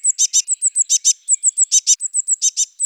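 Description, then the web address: Eurasian blue tit calling with very high, thin notes mixed with pairs of harsher buzzy chirps, repeated rapidly several times a second, in an otherwise quiet background. "Parus caeruleus"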